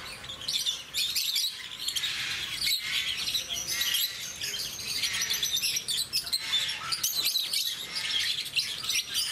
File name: rosy faced lovebird